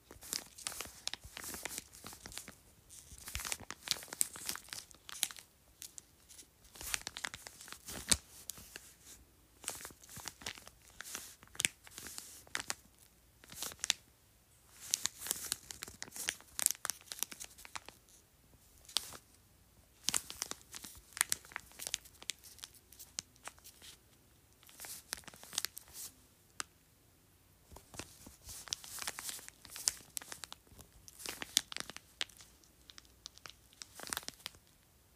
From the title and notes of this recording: ASMR Crinkling Juice Pouch.